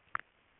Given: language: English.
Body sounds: throat vibration sensor signal played as sound; swallow

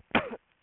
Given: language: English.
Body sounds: throat vibration sensor signal played as sound; cough

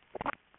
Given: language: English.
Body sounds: throat vibration sensor signal played as sound; swallow

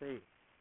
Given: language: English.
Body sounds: throat vibration sensor signal played as sound; speech

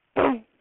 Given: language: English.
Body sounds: throat vibration sensor signal played as sound; throat clearing

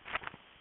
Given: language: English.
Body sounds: throat vibration sensor signal played as sound; swallow

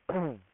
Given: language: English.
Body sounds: throat vibration sensor signal played as sound; throat clearing

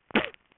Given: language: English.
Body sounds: throat vibration sensor signal played as sound; cough

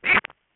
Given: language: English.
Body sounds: throat vibration sensor signal played as sound; swallow

